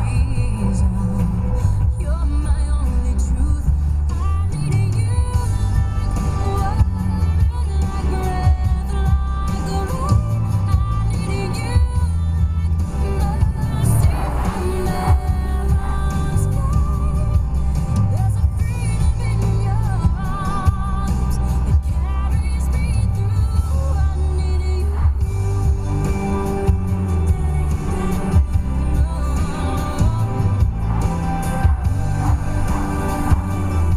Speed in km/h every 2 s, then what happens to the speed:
71, 66, 56, 55, 55, 55, 58, 58, 60, 63, 64, 64, 66, 66, 68, 68, 68.
0-5 slows to 55. 5-34 speeds up to 68.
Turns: none.